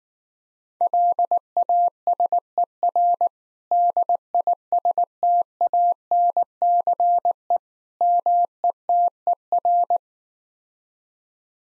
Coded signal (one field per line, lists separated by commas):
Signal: Morse code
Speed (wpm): 19 wpm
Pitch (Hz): 700 Hz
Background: none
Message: LASER DISTANCE METER